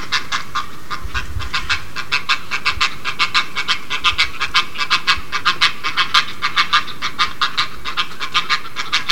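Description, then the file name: Great egret harsh calls, a steady run of rasping pulses. "kotuku"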